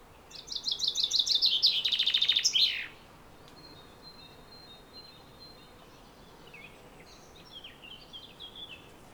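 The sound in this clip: Common chaffinch song: a bright, descending run of rapid notes lasting under three seconds, closing in a flourish, followed by faint, scattered calls of other birds.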